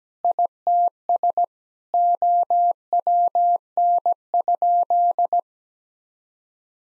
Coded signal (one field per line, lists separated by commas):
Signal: Morse code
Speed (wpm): 17 wpm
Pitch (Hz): 700 Hz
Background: none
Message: ITS OWN?